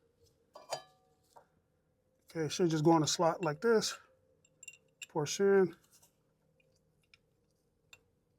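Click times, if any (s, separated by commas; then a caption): none. A metal EBC brake pad (or its spring clip) is handled and pushed toward its slot in a Brembo brake caliper during a pad upgrade on a 2023 ZX10R motorcycle. Someone talks, and a few faint, sharp metallic ticks are heard between the speech. The clip ends just before the pad goes home, and nothing has seated or clicked yet.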